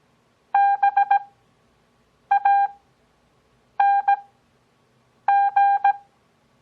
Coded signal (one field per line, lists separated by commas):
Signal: Morse code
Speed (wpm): 17 wpm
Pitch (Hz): 800 Hz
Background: none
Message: BANG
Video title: Copy Morse Code 5th Grade